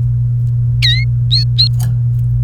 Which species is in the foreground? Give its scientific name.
Serinus canaria